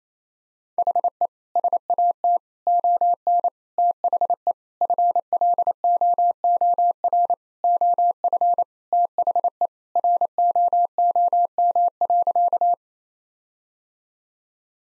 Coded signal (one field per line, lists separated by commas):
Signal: Morse code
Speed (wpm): 28 wpm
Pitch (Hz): 700 Hz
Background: none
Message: HE SAT ON THE FLOOR OF THE ROOM.